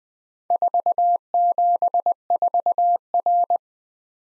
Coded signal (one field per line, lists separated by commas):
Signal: Morse code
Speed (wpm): 20 wpm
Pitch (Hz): 700 Hz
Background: none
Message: 474R